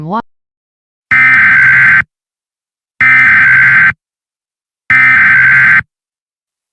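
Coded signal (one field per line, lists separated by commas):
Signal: Emergency Alert System (SAME) tones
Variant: header bursts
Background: speech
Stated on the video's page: Fictional EAS scenario about an insurrection in Indiana.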